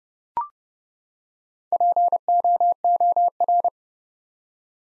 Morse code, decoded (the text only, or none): POOR